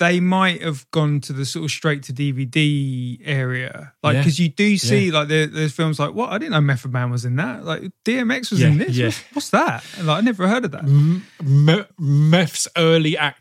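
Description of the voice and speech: Casual conversational speech from adult men, with a second voice chiming in with brief replies. Speech is fluent and clearly voiced, at a natural rate with short pauses and filler words, and shows no signs of a speech or voice disorder.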